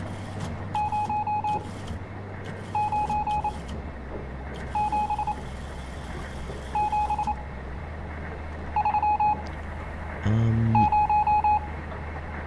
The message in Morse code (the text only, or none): 097730